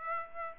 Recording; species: mosquito wingbeat signal from an infrared sensor; Aedes aegypti